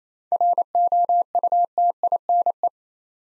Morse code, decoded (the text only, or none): ROUTINE